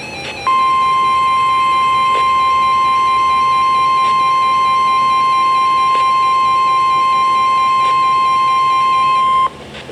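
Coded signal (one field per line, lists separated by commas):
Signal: Emergency Alert System (SAME) tones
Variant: 1050 Hz attention tone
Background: music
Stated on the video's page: Special Marine Warning on NOAA Weather Radio transmitter KIH24 Tallahassee, Florida, for coastal waters.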